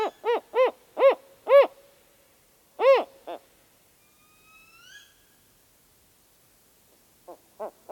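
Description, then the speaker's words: Northern spotted owl, deep barking hoots in a quick series, then a pause, two more, a faint rising whistle, and three softer hoots at the end. Northern spotted owl giving its four-note call, replayed. "In part one, the mystery sound was the call of a northern spotted owl. It's a four-note call. Let's listen to that song again."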